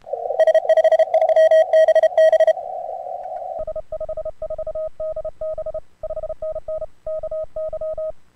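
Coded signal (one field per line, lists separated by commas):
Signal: Morse code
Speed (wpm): 29 wpm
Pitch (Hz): 620 Hz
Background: radio noise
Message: S53BB S54DB 5NN KY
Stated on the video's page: ARRL DX contest Morse code.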